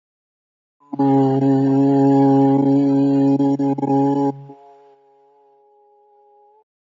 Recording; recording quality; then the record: sustained vowel as in boot; excellent, no background noise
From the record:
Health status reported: healthy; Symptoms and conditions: hypertension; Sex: male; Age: 34 years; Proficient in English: yes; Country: India